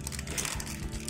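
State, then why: Not seated. A plastic weapon part is handled against an EX02 Sonic Convoy Galaxy Force transforming robot toy as it is being clipped into place. Light plastic ticks and taps at about 0.1, 0.5, 0.6 and 1.1 seconds sit over a steady low hum. Nothing has seated or clicked yet.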